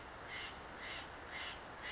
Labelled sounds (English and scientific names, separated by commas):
Steller's Jay (Cyanocitta stelleri)